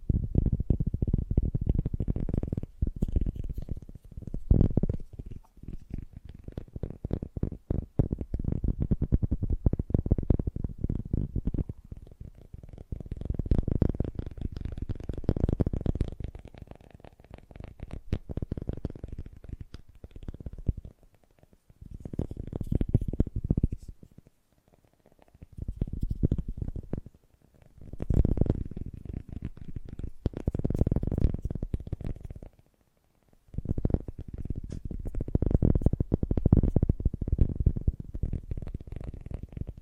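Fast, gentle tapping comes in dense bursts of quick, soft strikes with a low, muffled tone. Runs of tapping last several seconds, with brief pauses near 21, 24, 27, 29 and 33 seconds before the rhythm picks up again.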